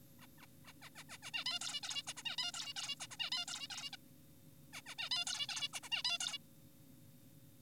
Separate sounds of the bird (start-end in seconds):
0.20-0.26, 0.38-0.46, 0.65-0.73, 0.82-0.90, 0.96-1.04, 1.10-1.18, 1.23-1.31, 1.34-1.44, 1.46-1.59, 1.62-1.80, 1.83-2.02, 2.07-2.14, 2.17-2.23, 2.26-2.36, 2.38-2.52, 2.54-2.73, 2.76-2.96, 3.00-3.07, 3.11-3.17, 3.20-3.30, 3.32-3.45, 3.48-3.68, 3.70-3.90, 3.93-3.96, 4.73-4.82, 4.86-4.95, 4.98-5.09, 5.11-5.25, 5.27-5.47, 5.49-5.69, 5.73-5.80, 5.83-5.89, 5.92-6.03, 6.05-6.18, 6.20-6.38